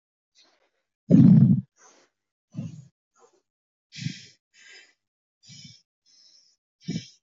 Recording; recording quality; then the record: shallow breathing; moderate, slight background noise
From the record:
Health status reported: healthy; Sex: male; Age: 22 years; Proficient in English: yes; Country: India